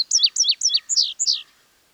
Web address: sonido de un pajaro exotico con una coloracion inusual